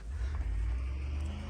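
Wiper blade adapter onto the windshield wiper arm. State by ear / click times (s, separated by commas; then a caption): not seated / none. The plastic adapter of a replacement wiper blade is being pushed up onto the metal windshield wiper arm of a 2014 Audi Q5 3.0L TDI. Only a steady low rumble with faint handling noise is heard, with no sharp transients. Nothing has seated or clicked yet.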